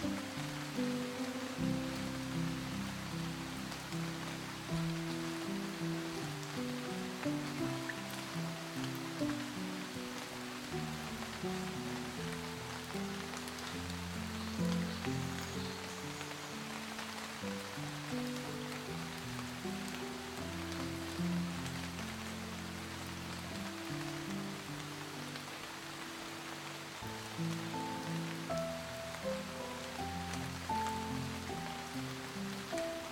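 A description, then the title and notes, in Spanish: Soft rain falls steadily on forest leaves, a fine, even patter that never lets up. Relaxing music plays underneath: slow, sustained low chords that change every second or so, with a few soft higher notes near the end. Lluvia SUAVE en el Bosque y MELODIAS Relajantes. Armonías delicadas de la lluvia que acaricia las hojas de los árboles, acompañadas de una música relajante.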